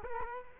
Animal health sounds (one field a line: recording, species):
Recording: mosquito wingbeat signal from an infrared sensor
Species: Culex quinquefasciatus